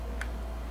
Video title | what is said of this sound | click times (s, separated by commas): TUDO SOBRE MOTORES PARA ACABAMENTO NAS UNHAS DE GEL | também você tem que girar até ouvir o estalo, que é o clique, ó. Ó, tá presa. | 0.2 s